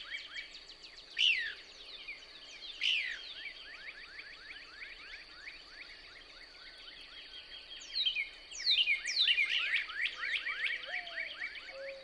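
Couch's Kingbird, with a steady run of high down-slurred notes, a few louder than the rest, then a denser twittering burst near the end, a faint low whistle and a constant high hum.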